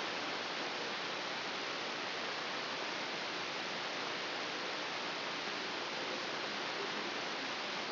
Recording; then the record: brain microelectrode recording played as sound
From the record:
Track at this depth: inside the subthalamic nucleus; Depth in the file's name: 2.234 mm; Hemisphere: left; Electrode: 3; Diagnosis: Parkinson's disease